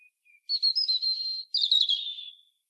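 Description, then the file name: European robin singing: two soft thin lead-in notes, then two runs of high, liquid warbling, the second fading away. "Erithacus rubecula"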